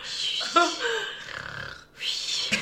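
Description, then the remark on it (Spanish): A voice imitates snoring with two long, raspy, breathy rasps separated by a brief pause, the first wavering in pitch and the second ending in a sharp snort. “Que nunca nadie respira así, pero no, bueno. Nadie respira. Cuando duerme, pero no, bueno. La gente suele roncar.”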